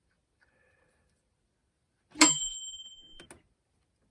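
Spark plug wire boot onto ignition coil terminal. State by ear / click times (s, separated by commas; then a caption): seated / 3.3 s. A spark plug wire boot on a Chevy/GMC V8 truck or SUV is pushed onto the ignition coil terminal up top. A sharp ringing hit at 2.2 s fades over about a second, then a short click at 3.3 s marks the boot seating onto the coil.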